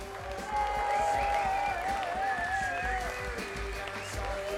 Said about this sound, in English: A big applause for the sound technician! A big applause for the light technician! For all the bars, food, and every shift, entrance, a big applause all the people are working here!